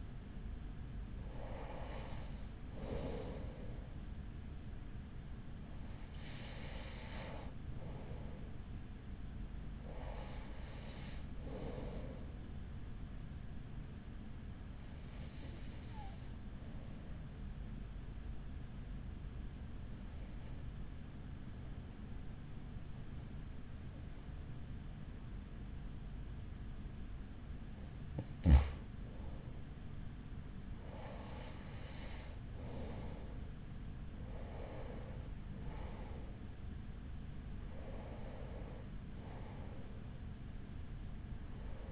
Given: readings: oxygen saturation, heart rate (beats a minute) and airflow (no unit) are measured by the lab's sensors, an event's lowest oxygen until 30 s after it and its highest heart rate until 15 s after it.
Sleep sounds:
breathing in sleep by a smartphone at the bedside; 1
18.00-35.30 s: hypopnea (N2, oxygen 95% highest, then 93% lowest, heart rate 44 at the start, 46 highest)
33.00-41.92 s: new sleep stage, N1 (lightest sleep)
From the record:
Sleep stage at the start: N2 (light sleep); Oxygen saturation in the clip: 93 to 95%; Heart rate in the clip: 42 to 47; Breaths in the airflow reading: 10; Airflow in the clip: -6.5 to 6.4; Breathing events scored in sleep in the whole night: 207 in 7.6 hours asleep

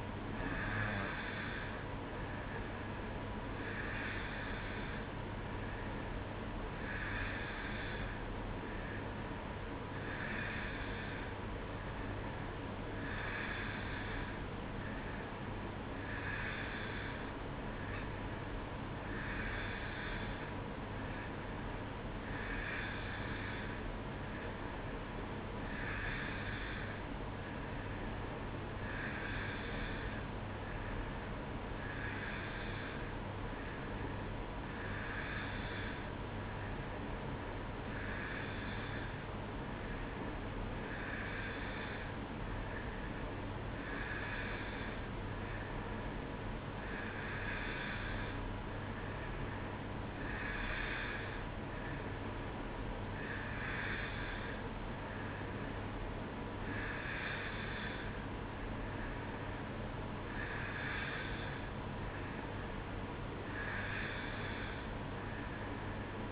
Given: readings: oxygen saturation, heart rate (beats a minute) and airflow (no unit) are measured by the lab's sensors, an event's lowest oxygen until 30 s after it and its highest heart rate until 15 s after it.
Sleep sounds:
breathing in sleep by a voice recorder at the bedside; none
none scored
From the record:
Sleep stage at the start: N2 (light sleep); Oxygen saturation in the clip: 90 to 91%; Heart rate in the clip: 61 to 67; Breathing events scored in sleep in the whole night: 305 in 9.6 hours asleep

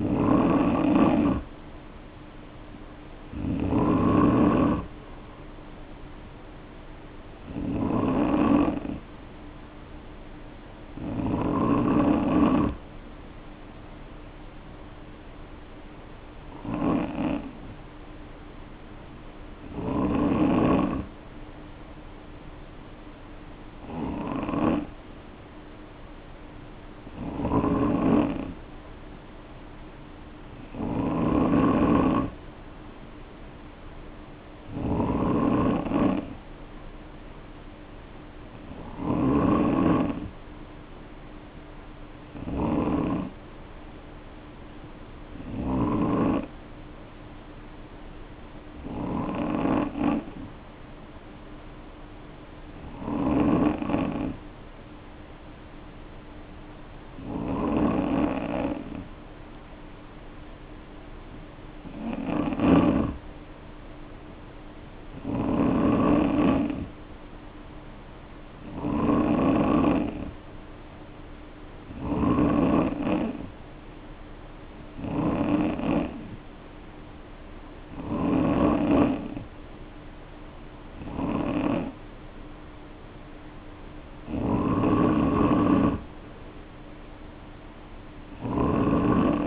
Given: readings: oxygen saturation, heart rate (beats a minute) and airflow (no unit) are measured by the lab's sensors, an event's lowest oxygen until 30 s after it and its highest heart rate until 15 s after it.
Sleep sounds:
breathing in sleep by a voice recorder at the bedside; 1
59.00-75.90 s: hypopnea (N2, oxygen 93% highest, then 90% lowest, heart rate 55 at the start, 58 highest)
From the record:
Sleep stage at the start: N2 (light sleep); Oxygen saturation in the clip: 87 to 93%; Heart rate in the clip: 50 to 58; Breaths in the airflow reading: 24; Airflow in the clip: -2.1 to 2.6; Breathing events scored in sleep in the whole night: 520 in 7.2 hours asleep

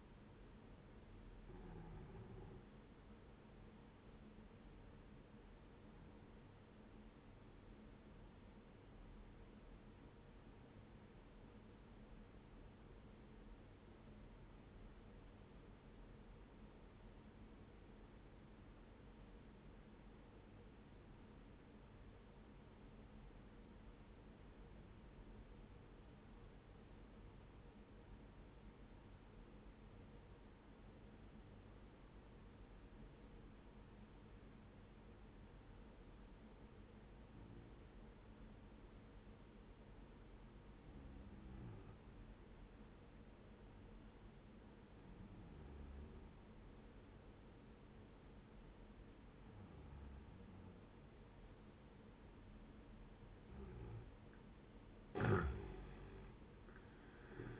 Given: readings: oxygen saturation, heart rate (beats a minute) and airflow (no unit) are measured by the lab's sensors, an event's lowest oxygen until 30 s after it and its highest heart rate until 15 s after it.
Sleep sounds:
breathing in sleep by a voice recorder at the bedside; 1
7.00-53.10 s: obstructive apnea (N2, oxygen 97% highest, then 88% lowest, heart rate 67 at the start, 80 highest)
From the record:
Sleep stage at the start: N2 (light sleep); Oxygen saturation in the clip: 90 to 97%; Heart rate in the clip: 58 to 78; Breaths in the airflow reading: 2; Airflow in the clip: -7.8 to 13.0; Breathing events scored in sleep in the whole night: 131 in 7.2 hours asleep

